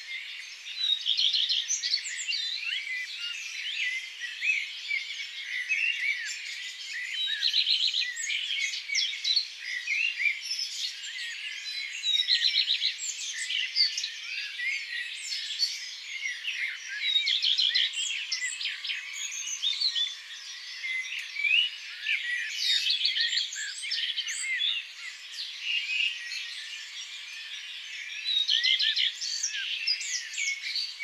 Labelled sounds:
Common Redstart (Phoenicurus phoenicurus) song
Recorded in the wild
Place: Ihringen am Kaiserstuhl, Baden-Württemberg, DE
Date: 2008-04-28
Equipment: MiniDisc Sharp MT 20 H
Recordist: Schwarz, Dieter

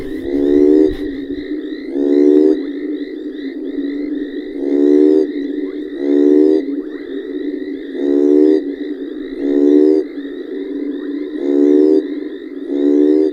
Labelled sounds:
African Split-skin Toad (Schismaderma carens) call
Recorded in the wild
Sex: male
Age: adult
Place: Hoedspruit, Marepe Lodge, ZA
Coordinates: -24.45, 30.84
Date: 1995-01-25
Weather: 19,5°C
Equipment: Sony TCD-D3, Sennheiser ME 80, K 30 AV
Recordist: Gutsche, Alexander

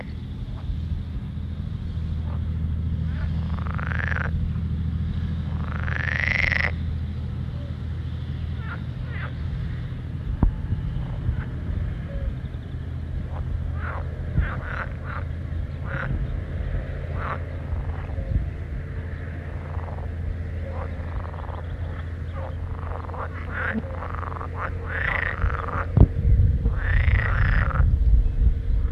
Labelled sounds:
Pool Frog (Pelophylax lessonae) call
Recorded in the wild
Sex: male
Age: adult
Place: Höhenland, OT Steinbeck, Barnim, Brandenburg, DE
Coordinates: 52.7083, 13.9231
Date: 1967-06-23
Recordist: Günther, Rainer

